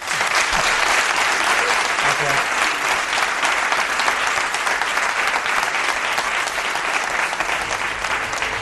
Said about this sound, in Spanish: Y te dan la bienvenida con un fuerte aplauso.